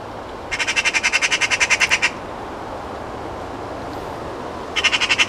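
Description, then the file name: Eurasian magpie chattering: a harsh, dry rattle of many rapid notes, a quiet pause, then a second rattle starting near the end. "Pica pica"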